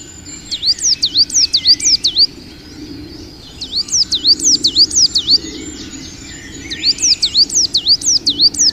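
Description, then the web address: Coal tit: bright, high-pitched repeated notes in three rapid bursts, with short gaps between. "agykontroll Madardalok Cd 1. Fenyves cinege"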